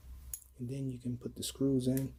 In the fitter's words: battery bay kind of snaps in place here and